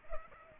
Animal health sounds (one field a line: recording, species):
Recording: mosquito wingbeat signal from an infrared sensor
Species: Culex pipiens